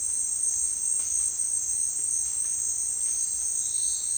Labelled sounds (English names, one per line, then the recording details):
none
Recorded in dense forest near Puerto Asís, Putumayo, Colombia, on 29 June 2025 at 17:00
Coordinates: 0.468, -76.322
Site GP03